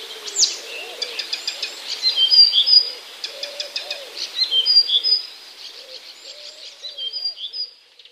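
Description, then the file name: Blyth's reed warbler song: a busy, varied run of high chattering notes, clicks and short whistles, with soft low arched notes from another bird beneath. "acrocephalus dumetorum"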